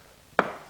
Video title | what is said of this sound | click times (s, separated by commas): LIFEPROOF VINYL PLANK FLOORING INSTALLATION | Hear that click in? You hear it click down here? | 0.4 s